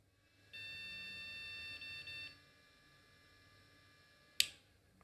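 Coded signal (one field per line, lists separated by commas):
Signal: beep code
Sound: one long beep that breaks into two short beeps, then a click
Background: quiet room hum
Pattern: 1 long, 2 short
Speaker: So we have no detect for the graphics card.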